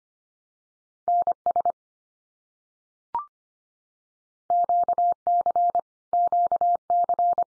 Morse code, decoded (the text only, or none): NS QC QC